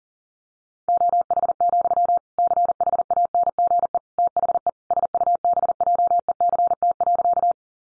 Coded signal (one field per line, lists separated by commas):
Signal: Morse code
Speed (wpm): 40 wpm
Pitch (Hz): 700 Hz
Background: none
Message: OH, CHANGE THE SUBJECT.